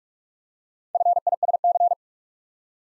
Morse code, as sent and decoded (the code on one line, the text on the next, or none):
..-. .. ... -.-.
FISC